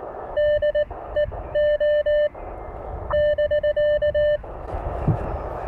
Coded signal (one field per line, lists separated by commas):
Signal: Morse code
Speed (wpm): 19 wpm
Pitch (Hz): 600 Hz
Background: none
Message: DEO <BK>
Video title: K1 HAM Radio Beach Day.